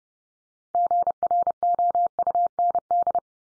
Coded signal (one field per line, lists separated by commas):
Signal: Morse code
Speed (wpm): 30 wpm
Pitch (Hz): 700 Hz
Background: none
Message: GROUND